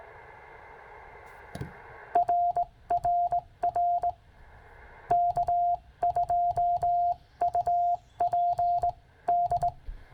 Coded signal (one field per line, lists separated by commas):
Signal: Morse code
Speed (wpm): 18 wpm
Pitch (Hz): 700 Hz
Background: radio noise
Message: RRR K2UPD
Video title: Stewart Forest State Park, K-5502. CW on the 21st of May 2023